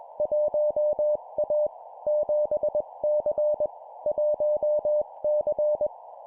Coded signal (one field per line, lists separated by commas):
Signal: Morse code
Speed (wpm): 20 wpm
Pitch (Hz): 600 Hz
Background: none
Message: 1A 7C 1C